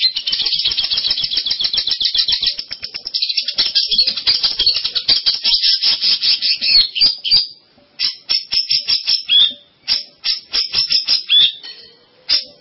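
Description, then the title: Long-tailed shrike song opening with a fast rattling chatter, then shifting to spaced, scratchy chirps and brief whistled notes. "Kicau Burung Pentet"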